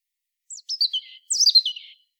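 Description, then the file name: European robin song: two short bursts of high, liquid, descending warbled notes separated by a brief pause, crisp and fluty, with nothing else audible. "Erithacus rubecula"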